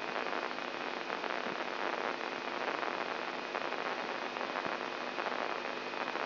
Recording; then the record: brain microelectrode recording played as sound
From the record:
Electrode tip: inside the subthalamic nucleus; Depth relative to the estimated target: 1 mm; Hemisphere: left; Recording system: AlphaMap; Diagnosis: Parkinson's disease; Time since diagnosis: 11 years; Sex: male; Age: 67 years